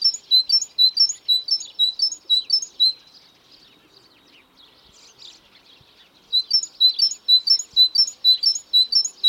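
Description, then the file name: Great tit song: a long, even run of sharp two-note phrases, a quiet gap of several seconds, then the same clipped, ringing pattern resumes. "Parus major"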